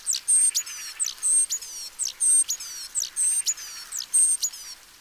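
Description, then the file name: Great tit repeating a bright, high three-part phrase of a sharp falling note, a steady whistle and a downslurred glide, about once a second. "Parus major"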